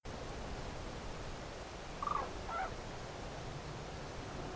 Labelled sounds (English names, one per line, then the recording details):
Common Crane
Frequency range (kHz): Common Crane 0.6-2.4 kHz
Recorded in France